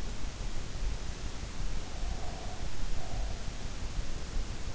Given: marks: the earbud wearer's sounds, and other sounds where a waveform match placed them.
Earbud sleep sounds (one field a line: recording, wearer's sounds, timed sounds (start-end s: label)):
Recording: sounds in sleep by an in-ear microphone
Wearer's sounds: breath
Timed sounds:
1.91-3.57 s: breath